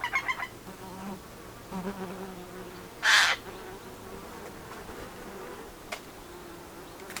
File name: Garrulus glandarius